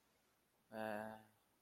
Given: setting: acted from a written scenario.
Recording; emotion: vocal sound without words; romantic love